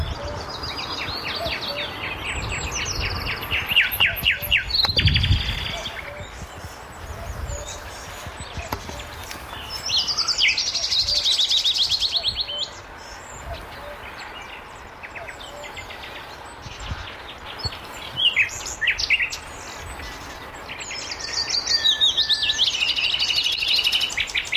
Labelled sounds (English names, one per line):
Common Nightingale song